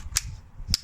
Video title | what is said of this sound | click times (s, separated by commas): NCM Moscow + ebike unboxing and review. My first review ever! | that nice little click tells you it made its way home | 0.2 s, 0.7 s